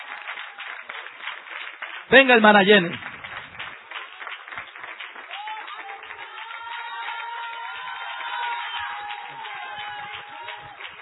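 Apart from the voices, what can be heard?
audience applauding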